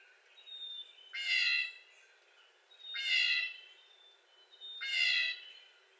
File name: 2022-04-25 Blue Jay making 22 whiny jay calls